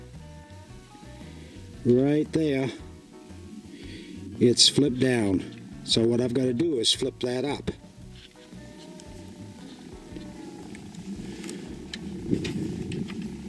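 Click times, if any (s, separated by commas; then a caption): none. A flip-up latch or part on the debarker of a Woodmizer LT35 sawmill has flipped down and is handled by hand so it can be flipped back up. Someone talks over steady background music, then a few small sharp knocks and rattles come from the part being handled near the end. Nothing has seated or clicked into place yet.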